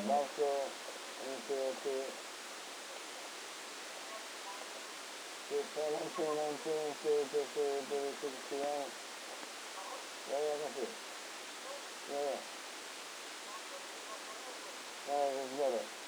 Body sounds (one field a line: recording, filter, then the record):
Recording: brain microelectrode recording played as sound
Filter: spike band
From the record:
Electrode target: subthalamic nucleus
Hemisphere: left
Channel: 2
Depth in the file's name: 2.977 mm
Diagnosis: Parkinson's disease